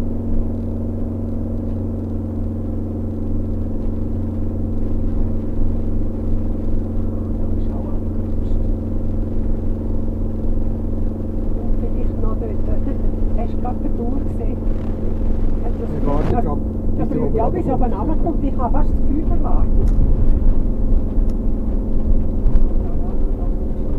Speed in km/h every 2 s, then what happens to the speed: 33, 31, 31, 31, 31, 31, 31, 31, 31, 29, 29, 29.
0-24 steady at about 31.